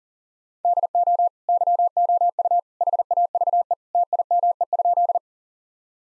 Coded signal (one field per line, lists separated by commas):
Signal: Morse code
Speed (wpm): 40 wpm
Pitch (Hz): 700 Hz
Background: none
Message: DO YOU HAVE TIME?